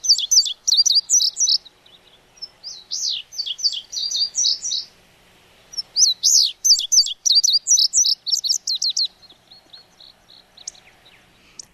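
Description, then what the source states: Indigo Bunting song: bright, high notes in rapid phrases, three bursts separated by short gaps. Song replayed on air; notes tend to be paired, remembered with the phrase 'fire, fire, where, here, here'.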